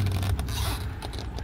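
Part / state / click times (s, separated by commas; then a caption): video doorbell camera into its door mount bracket / seated / 0.4 s. A MORECAM J7 wireless battery-powered video doorbell camera is pushed into its plastic mount bracket on a door, with scraping and rubbing as it slides in. A sharp snap at 0.4 s marks it seating, followed by a few lighter ticks around 1.1–1.2 s. It ends seated nice and snug in the mount and will not pull out.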